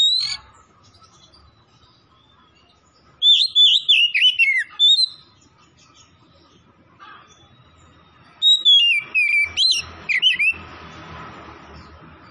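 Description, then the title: Oriental magpie-robin singing two bursts of varied whistles and warbled, descending notes separated by a quiet pause, with a steady faint hum behind. Singing vigorously (gacor); Tretes. "Kacer Tretes"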